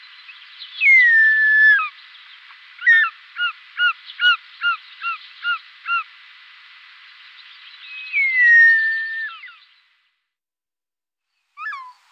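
Short-toed snake eagle giving a long, plaintive descending whistle, then a quick series of short, clipped whistled notes, then a final drawn-out falling whistle and a brief note.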